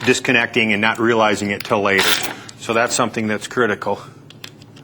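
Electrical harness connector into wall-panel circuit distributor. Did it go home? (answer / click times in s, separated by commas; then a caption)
no / none. Someone talks while an installer handles the plastic electrical connector of a wall panel's power harness, lining it up to push into the circuit distributor so it clicks and locks and won't pull apart and disconnect. A faint handling tick is heard near the end as the talking stops, but nothing has seated or clicked yet.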